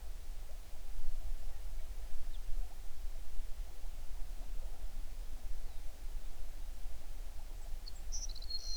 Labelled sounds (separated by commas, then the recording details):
songbird
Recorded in the Prudhoe Bay oil fields, Alaska, on 11 June 2019 at 05:36
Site 21